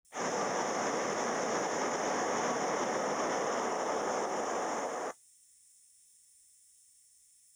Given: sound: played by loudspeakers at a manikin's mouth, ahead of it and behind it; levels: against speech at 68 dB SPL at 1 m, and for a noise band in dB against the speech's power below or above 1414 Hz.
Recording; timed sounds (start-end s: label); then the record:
test signals for a remote microphone
0.11-5.11 s: speech-spectrum noise from the mouth, +10 dB
From the record:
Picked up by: remote microphone D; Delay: 24 ms